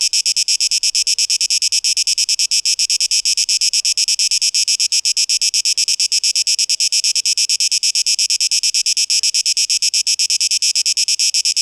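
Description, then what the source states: Cicadas producing a continuous high, pulsing buzz, fast and regular for the whole stretch, nothing else clearly heard. 12 August 2023.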